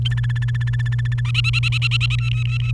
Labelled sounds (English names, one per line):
Domestic Canary song